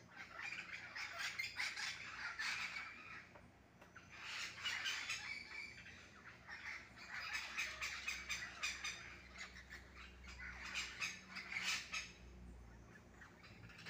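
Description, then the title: Parakeets in a raucous flock, rolling waves of harsh squawking and screeching chatter every few seconds, with brief quieter gaps between. Wild green parakeets at 6:15 AM in a garden mango tree, feeding on mangoes, noisy as if partying or fighting, knocking mangoes down. "El Canto de los pericos en la mata de Mango"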